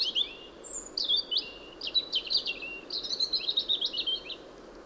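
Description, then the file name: European robin singing a series of high, varied, scratchy twittering phrases and trills, with steady background noise. "Erithacus rubecula"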